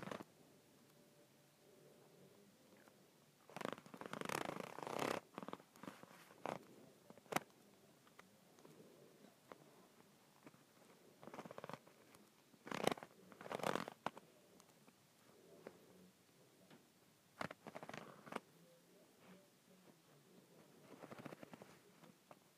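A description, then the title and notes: A handle is twisted and turned in a series of short, scraping and rattling bursts, clustered around 4–7 seconds, 11–14 seconds and 17–19 seconds. Between the bursts there are brief sharp clicks and a quiet, faint hiss. The movements are irregular rather than rhythmic. ASMR Twisting and Turning a Handle.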